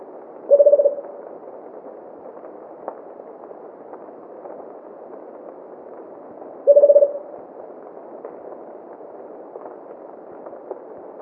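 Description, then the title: Rufous-capped motmot producing two low, fast-pulsed hooting trills about six seconds apart over a continuous low rumbling background. "LuckyPassaro Completos2Sama. Rufous-capped Motmot (Baryphthengus ruficapillus)"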